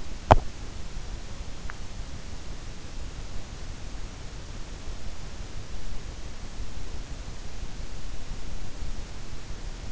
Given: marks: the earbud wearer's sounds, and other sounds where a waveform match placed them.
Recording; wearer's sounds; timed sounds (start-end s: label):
sounds in sleep by an in-ear microphone; teeth grinding
0.00-0.78 s: teeth grinding